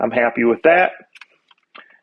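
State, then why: Seated. Someone talks for about the first second, then the custom folding stock on a Splatrball SRB1200 gel ball blaster is swung into position, with a few faint clicks and taps along the way. At 1.8 s the stock latches onto the blaster body with a sharp click, locking into place and staying locked.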